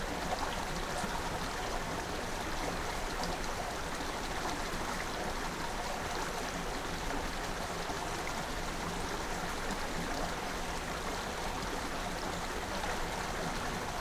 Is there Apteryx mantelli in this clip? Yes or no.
no